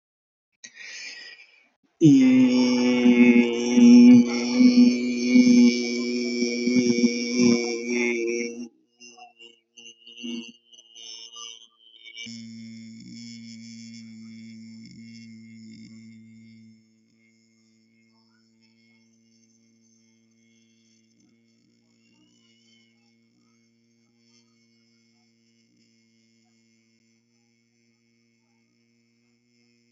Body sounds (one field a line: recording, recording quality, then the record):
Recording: sustained vowel as in beet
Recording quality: excellent, no background noise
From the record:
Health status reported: healthy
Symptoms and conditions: none ticked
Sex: male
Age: 28 years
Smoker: not ticked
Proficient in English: yes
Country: India